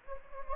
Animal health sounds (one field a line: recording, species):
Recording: mosquito wingbeat signal from an infrared sensor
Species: Anopheles gambiae